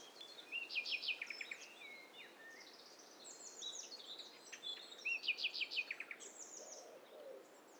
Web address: Hi Fi STEREO BIRD COCKTAIL PARTY Challenge SBCP TESTSET